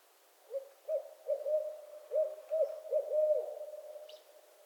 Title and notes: Barred Owl Mating Season in Northern Michigan. Nature is my Jam